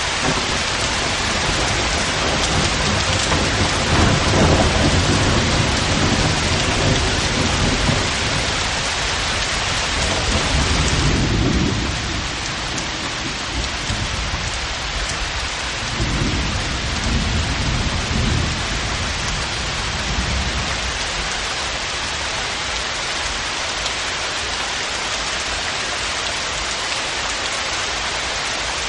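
Steady, dense rain hisses throughout, with low rumbles of thunder rolling in near the start and again around the middle, then fading.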